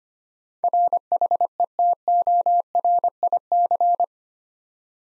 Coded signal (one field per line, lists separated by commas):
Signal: Morse code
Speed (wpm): 25 wpm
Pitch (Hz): 700 Hz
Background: none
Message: RHETORIC